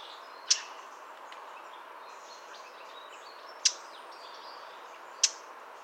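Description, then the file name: Eurasian blackcap hard clicking tack calls, three separate notes a couple of seconds apart, with soft bird sounds and low hiss. "Sylvia atricapilla"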